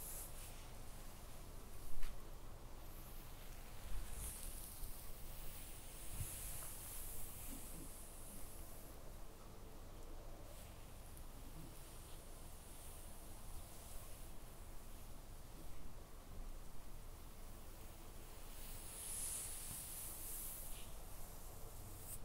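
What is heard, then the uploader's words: Soft hair play and gentle touching make a steady bright hiss and rustle, with a sharper brush near two seconds and another around nineteen. Cozy hair play + gentle face & shoulder touching.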